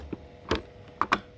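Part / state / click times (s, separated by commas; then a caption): filter screen into dirty water tank / seated / 1.0 s. A red plastic filter screen is pressed back into its seat in the dirty water tank of a Hoover PowerDash carpet cleaner. After a faint tap at 0.1 s and a soft rattle around 0.5 s, a sharp, satisfying click rings out at 1.0 s, followed closely by a second sharp snap at 1.1 s. The screen is seated.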